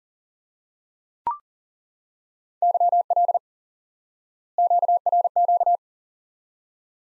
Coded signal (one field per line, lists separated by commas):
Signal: Morse code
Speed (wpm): 40 wpm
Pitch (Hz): 700 Hz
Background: none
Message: YL QRQ